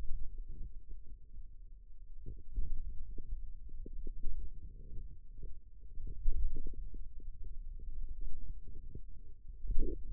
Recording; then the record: forearm muscle sounds (acoustic myography)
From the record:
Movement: pen grasping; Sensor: system 2, bracelet of six BSWA MPA416 microphones around the upper forearm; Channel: 2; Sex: male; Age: 22 years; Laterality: right